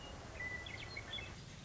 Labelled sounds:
Western Meadowlark (Sturnella neglecta)
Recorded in Sonoma County, California

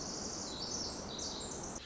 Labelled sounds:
Pacific Wren (Troglodytes pacificus)
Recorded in Sonoma County, California

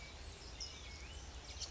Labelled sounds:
California Towhee (Melozone crissalis)
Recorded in Sonoma County, California

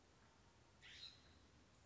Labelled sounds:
California Scrub-Jay (Aphelocoma californica)
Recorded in Sonoma County, California

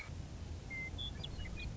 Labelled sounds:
Western Meadowlark (Sturnella neglecta)
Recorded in Sonoma County, California

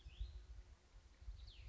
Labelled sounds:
Cassin's Vireo (Vireo cassinii)
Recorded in Sonoma County, California

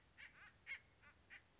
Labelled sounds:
Acorn Woodpecker (Melanerpes formicivorus)
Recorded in Sonoma County, California

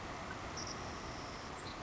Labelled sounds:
Savannah Sparrow (Passerculus sandwichensis)
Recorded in Sonoma County, California

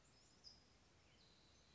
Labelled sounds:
California Towhee (Melozone crissalis)
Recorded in Sonoma County, California

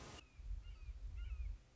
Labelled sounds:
Red-shouldered Hawk (Buteo lineatus)
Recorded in Sonoma County, California

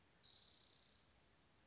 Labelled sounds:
Spotted Towhee (Pipilo maculatus)
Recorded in Sonoma County, California

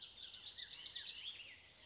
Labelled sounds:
Bullock's Oriole (Icterus bullockii)
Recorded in Sonoma County, California

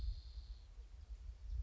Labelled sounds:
Spotted Towhee (Pipilo maculatus)
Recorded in Sonoma County, California

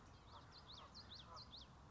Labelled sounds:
Common Yellowthroat (Geothlypis trichas)
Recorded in Sonoma County, California

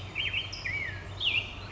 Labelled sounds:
California Towhee (Melozone crissalis)
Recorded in Sonoma County, California

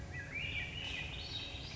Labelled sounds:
Swainson's Thrush (Catharus ustulatus)
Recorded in Sonoma County, California

